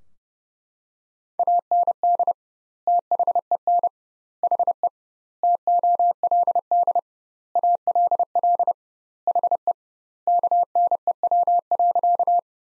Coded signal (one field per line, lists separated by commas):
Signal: Morse code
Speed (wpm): 30 wpm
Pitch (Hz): 700 Hz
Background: none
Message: AND THEN HE TOLD ALL HE KNEW.